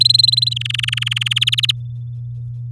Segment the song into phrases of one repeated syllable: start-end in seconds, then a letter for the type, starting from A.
0.00-0.54 A, 0.56-1.28 B, 1.31-1.72 C